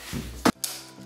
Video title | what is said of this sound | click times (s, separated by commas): How To Set Up an OTTER FLIP ICE HUT! | there and she clicked they want you to do next it has the black coupling on it | 0.6 s